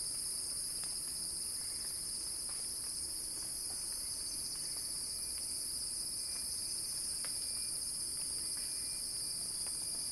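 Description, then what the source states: Continuous shrill cicada singing, level and dense, over scattered faint ticks and a thin whistle-like tone. Cicada song in a crescendo, recorded by Axel Drioli for Earth.fm's Sounding Wild.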